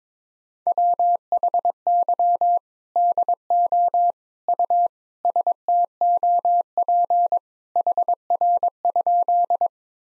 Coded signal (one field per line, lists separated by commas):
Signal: Morse code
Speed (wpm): 21 wpm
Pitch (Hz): 700 Hz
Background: none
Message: WHY DO U STOP HR?